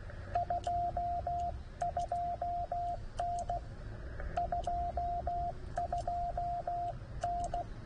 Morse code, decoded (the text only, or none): 22N 22N